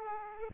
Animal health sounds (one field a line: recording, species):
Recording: mosquito wingbeat signal from an infrared sensor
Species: Aedes aegypti